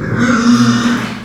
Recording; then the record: squeal of a Yucatan mini pig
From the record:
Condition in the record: after surgery on the right vocal fold (resection and tissue-engineered implant); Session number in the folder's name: 11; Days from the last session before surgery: 98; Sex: female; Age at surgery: 19 weeks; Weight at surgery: 25 kg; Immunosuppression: prednisolone